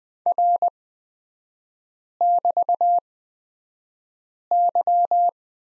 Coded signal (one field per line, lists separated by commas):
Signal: Morse code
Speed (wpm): 20 wpm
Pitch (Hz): 700 Hz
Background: none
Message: R<BT>Y